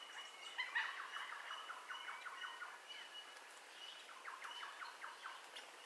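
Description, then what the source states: Birds at dawn with a rapid stuttering trill repeated in two runs, under thin steady whistles and a hiss of background sound. Dawn ambience of bird calls, recorded in stereo.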